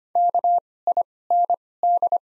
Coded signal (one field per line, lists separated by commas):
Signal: Morse code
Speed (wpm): 25 wpm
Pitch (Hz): 700 Hz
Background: none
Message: KIND